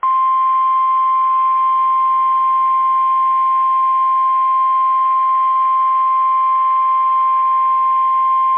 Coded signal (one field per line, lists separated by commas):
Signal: Emergency Alert System (SAME) tones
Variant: 1050 Hz attention tone